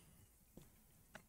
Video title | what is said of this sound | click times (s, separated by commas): Fixed Overheat Dell Inspiron 7760 P98F New Thermal Paste | are kind of like a clip on so when you press it down you can hear that little click click click | 1.1 s